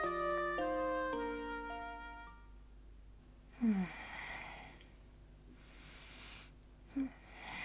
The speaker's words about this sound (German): muss er eins über das andere Mal gähnen und kann kaum noch die Augendeckel offen behalten.